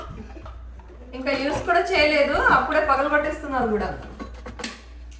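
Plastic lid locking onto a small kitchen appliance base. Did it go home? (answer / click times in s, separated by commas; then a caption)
yes / 4.6 s. A plastic lid, the top part of a small new kitchen appliance (possibly a juicer or blender), is fitted onto its base while someone talks. A few faint knocks come before a sharp click at 4.6 s as the lid locks in place.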